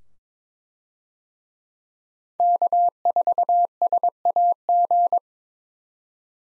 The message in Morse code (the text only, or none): K4SAG